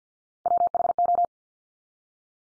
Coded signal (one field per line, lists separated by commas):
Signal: Morse code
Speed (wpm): 48 wpm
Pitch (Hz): 700 Hz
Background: none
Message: WHO